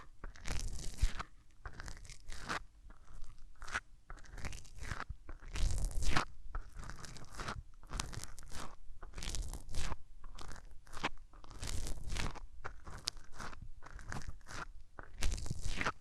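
Hands rub over the ears in repeated bursts of crunchy, papery friction, each lasting a second or so, with brief quieter gaps between. The strokes come at an irregular but steady pace throughout, bright and rough in texture, with no talking.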